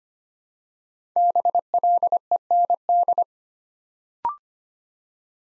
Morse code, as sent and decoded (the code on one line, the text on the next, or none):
-... .-.. . -. -..
BLEND